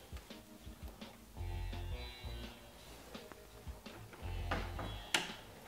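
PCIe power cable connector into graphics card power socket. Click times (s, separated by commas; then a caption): 5.1 s. A second PCIe power cable plug is pushed into the other power socket on an AMD Sapphire Radeon Nitro+ RX 5700 XT 8GB OC graphics card, with soft ticks and handling noises over background music. The connector clicks into place and is seated at about 5.1 s.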